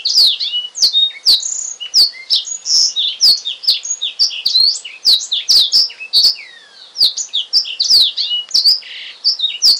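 Oriental magpie-robin singing continuously, dense high whistled phrases mixed with buzzy notes and frequent sharp clicking sounds throughout.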